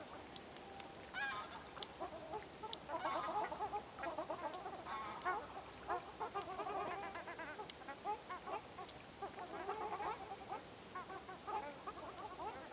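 Ruddy shelduck flock in a dense chorus of nasal honks and yelping notes, calling almost continuously throughout.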